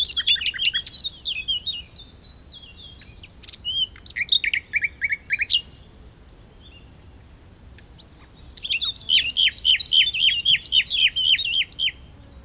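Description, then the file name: Common nightingale singing several varied phrases, then after a quiet gap of about three seconds a long run of rapid, rhythmic repeated notes. "Luscinia megarhynchos"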